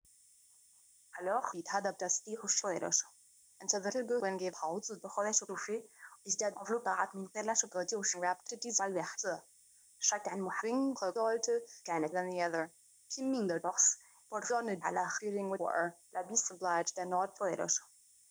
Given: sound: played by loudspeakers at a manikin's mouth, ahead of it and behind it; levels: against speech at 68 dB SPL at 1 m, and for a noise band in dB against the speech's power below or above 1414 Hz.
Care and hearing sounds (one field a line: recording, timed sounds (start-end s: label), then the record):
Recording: test signals for a remote microphone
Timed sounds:
1.10-18.31 s: speech test signal (ISTS)
From the record:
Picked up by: remote microphone C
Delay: 23 ms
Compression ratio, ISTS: 1.61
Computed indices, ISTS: SII 0.995, HASPI 0.979, HASQI 0.323 (non-linear 0.389, linear 0.829), ESTOI 0.816